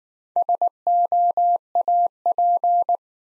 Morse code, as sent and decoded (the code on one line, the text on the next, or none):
... --- .- .--.
SOAP